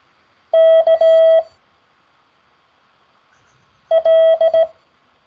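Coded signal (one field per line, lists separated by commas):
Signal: Morse code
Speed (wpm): 17 wpm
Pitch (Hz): 650 Hz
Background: none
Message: KL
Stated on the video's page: Morse code practice session held weekly over Skype.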